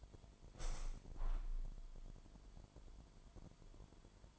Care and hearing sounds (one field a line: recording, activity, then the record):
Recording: daily activity, microphone in the room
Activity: open window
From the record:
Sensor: 5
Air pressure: 998.7 hPa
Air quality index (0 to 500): 98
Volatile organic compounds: 2 ppm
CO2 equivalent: 1138 ppm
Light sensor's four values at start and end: 32/78/32/37 and 32/78/32/37